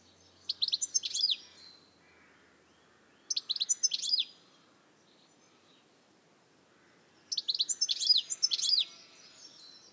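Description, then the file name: European goldfinch calling in three separate bursts of quick, liquid, high-pitched twittering notes, with quiet pauses of a few seconds between them. "Carduelis carduelis"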